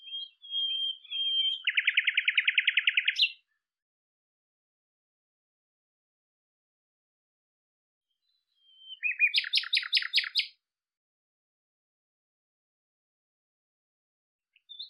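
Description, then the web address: Bird calling with rapid buzzy trills, one long burst of quick repeated notes, a pause of several seconds, then a shorter trill. "cianscape birddata Deverinetal 2025"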